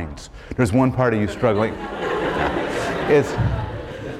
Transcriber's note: laughter